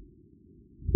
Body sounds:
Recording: neck accelerometer signal played as sound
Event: no cough (speech, laughter, throat clearing or background)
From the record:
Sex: male

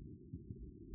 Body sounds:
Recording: neck accelerometer signal played as sound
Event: no cough (speech, laughter, throat clearing or background)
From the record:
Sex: male

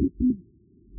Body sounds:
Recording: neck accelerometer signal played as sound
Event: no cough (speech, laughter, throat clearing or background)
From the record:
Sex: female

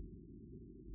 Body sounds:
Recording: neck accelerometer signal played as sound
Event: no cough (speech, laughter, throat clearing or background)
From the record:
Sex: female

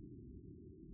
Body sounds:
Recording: neck accelerometer signal played as sound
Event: no cough (speech, laughter, throat clearing or background)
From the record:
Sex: male

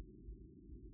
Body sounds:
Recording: neck accelerometer signal played as sound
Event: no cough (speech, laughter, throat clearing or background)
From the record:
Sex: male

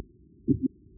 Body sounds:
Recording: neck accelerometer signal played as sound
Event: voluntary cough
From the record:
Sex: female

